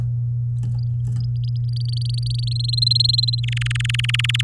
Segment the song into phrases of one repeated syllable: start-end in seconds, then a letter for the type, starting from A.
1.35-2.57 A, 2.59-3.40 B, 3.43-4.41 C